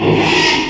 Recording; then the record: squeal of a Yucatan mini pig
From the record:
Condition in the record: after surgery on the right vocal fold (resection and tissue-engineered implant); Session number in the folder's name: 2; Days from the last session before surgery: 13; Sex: male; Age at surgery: 12 weeks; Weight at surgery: 13 kg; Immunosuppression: cyclosporine, prednisolone